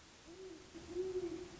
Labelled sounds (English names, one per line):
Great Horned Owl